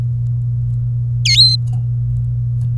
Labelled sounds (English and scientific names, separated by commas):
Domestic Canary (Serinus canaria) song